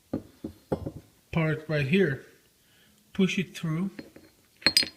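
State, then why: Seated. During a fuel distributor rebuild on a Mercedes-Benz 450SL, a ringed internal part is pushed through its bore in the metal distributor body until the ring passes through. Someone talks with a few light taps, and then two sharp metallic clicks ring out at 4.7 s and 4.8 s as the part seats.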